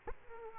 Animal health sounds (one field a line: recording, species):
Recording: mosquito wingbeat signal from an infrared sensor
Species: Aedes aegypti